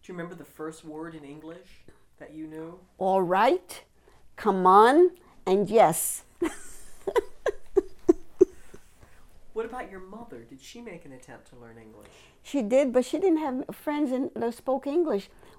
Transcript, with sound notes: Do you remember the first word in English that you knew?
All right. Come on. And, "yes." (laughing)
What about your mother? Did she make an attempt to learn English?
She did, but she didn't have friends that spoke English.